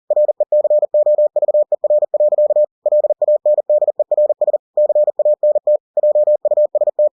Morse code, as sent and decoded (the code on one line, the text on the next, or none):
.-. . -.-. --- ...- . .-. .-.-.- / .-.. .- -. -.. . .-. ... / -.-. .- -. - / .--- ..- ... -
RECOVER. LANDERS CANT JUST